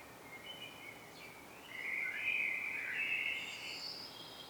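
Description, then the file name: Common blackbird song, one smooth warbled phrase midway ending in higher, thinner twitter notes, over steady hiss. "Turdus merula"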